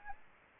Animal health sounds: mosquito wingbeat signal from an infrared sensor; Anopheles gambiae

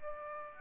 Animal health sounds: mosquito wingbeat signal from an infrared sensor; Aedes aegypti

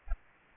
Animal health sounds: mosquito wingbeat signal from an infrared sensor; Aedes aegypti

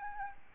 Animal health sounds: mosquito wingbeat signal from an infrared sensor; Aedes albopictus

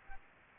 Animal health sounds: mosquito wingbeat signal from an infrared sensor; Aedes aegypti

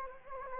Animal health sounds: mosquito wingbeat signal from an infrared sensor; Anopheles gambiae

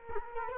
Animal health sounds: mosquito wingbeat signal from an infrared sensor; Culex quinquefasciatus

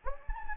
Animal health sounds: mosquito wingbeat signal from an infrared sensor; Anopheles gambiae

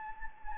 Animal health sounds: mosquito wingbeat signal from an infrared sensor; Anopheles gambiae

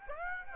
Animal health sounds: mosquito wingbeat signal from an infrared sensor; Aedes aegypti

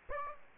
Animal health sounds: mosquito wingbeat signal from an infrared sensor; Aedes aegypti

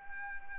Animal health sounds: mosquito wingbeat signal from an infrared sensor; Anopheles arabiensis

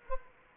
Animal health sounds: mosquito wingbeat signal from an infrared sensor; Anopheles gambiae

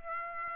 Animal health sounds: mosquito wingbeat signal from an infrared sensor; Aedes aegypti

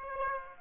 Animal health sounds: mosquito wingbeat signal from an infrared sensor; Aedes aegypti

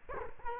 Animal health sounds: mosquito wingbeat signal from an infrared sensor; Culex quinquefasciatus

